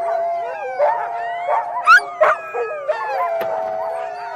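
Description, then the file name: Dog howls, sustained wavering notes from more than one voice at once, broken by a few short, sharp sounds. "zvuki s voem sobaki"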